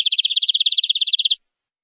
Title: BM Suara Kenari